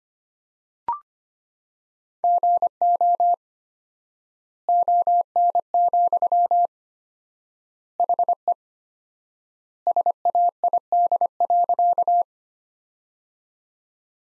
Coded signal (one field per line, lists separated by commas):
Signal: Morse code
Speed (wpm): 25 wpm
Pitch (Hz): 700 Hz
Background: none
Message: GO ON, HE SAID.